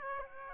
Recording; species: mosquito wingbeat signal from an infrared sensor; Aedes aegypti